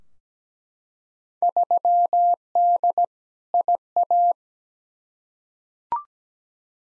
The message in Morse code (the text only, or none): 3D IA